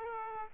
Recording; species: mosquito wingbeat signal from an infrared sensor; Aedes aegypti